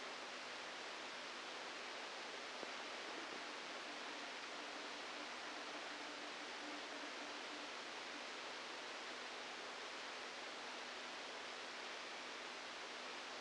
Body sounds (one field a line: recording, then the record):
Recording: brain microelectrode recording played as sound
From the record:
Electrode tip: inside the subthalamic nucleus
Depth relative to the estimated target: -3 mm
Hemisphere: left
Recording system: NeuroSet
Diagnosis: Parkinson's disease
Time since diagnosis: 27 years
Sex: male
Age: 62 years